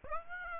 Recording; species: mosquito wingbeat signal from an infrared sensor; Aedes aegypti